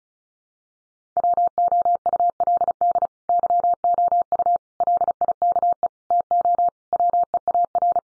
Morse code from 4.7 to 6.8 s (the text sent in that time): LIKE TO